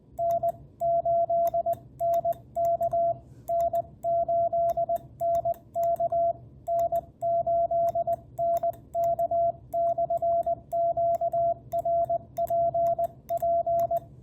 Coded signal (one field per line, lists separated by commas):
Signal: Morse code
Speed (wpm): 19 wpm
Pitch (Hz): 660 Hz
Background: radio noise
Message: N8NK N8NK N8NK/QRPP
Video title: Working Stu’s M0TTQ POTA Activation with 1 watt!